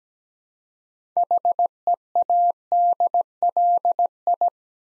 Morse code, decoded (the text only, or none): HEADLI